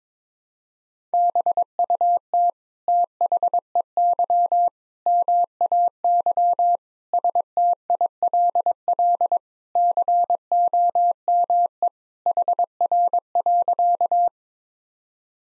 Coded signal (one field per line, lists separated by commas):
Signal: Morse code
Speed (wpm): 22 wpm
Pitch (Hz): 700 Hz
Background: none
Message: BUT THEY MAY STILL COME HR.